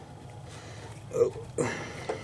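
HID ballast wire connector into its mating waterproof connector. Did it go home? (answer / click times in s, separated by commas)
no / none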